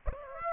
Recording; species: mosquito wingbeat signal from an infrared sensor; Aedes aegypti